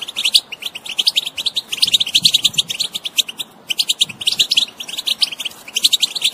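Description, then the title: European goldfinch delivering bright, bubbling twitters and quick trilled phrases, nearly continuous with a short break just before four seconds. Wild bird. "اجمل غناءالحسون الخلويchant chardonneret sauvage"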